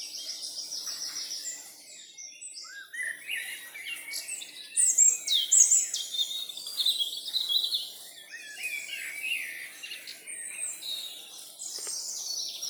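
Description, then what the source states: Birds sing in a dense chorus of high twittering and chirping phrases, overlapping warbles and brief whistles, with one brighter burst of song around the middle. Birds singing in a forest in the evening.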